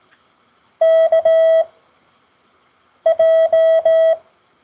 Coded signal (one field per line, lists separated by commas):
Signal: Morse code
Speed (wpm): 17 wpm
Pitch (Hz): 650 Hz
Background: none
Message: KJ